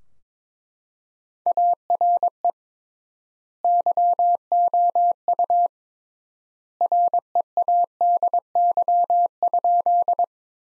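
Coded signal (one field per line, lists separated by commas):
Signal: Morse code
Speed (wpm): 22 wpm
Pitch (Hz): 700 Hz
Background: none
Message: ARE YOU READY?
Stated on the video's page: Morse sentence practice from the top 400 words at 22 wpm with 3x standard word spacing, a word-level analogue of Farnsworth spacing.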